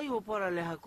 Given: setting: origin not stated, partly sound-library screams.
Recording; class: one-second piece from a danger detection set; normal situation